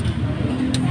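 A click-type torque wrench set to 8 Nm tightens a valve body bolt on the transmission of a 2013 Ford Wildtrak 3.2L during a valve body replacement. A short sharp click sounds at 0.7 s over a steady low background hum, showing the wrench has reached its 8 Nm setting.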